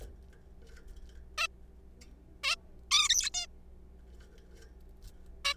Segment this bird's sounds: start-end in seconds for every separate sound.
1.38-1.47, 2.44-2.55, 2.91-3.08, 3.09-3.30, 3.34-3.46, 5.45-5.54